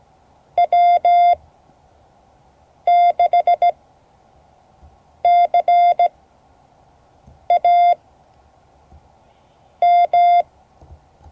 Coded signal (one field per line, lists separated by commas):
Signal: Morse code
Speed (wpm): 16 wpm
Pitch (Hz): 690 Hz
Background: none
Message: W6CAM